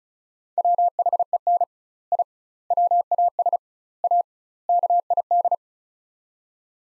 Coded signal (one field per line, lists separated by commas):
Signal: Morse code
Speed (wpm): 36 wpm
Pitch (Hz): 700 Hz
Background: none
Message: WHEN I WAS A KID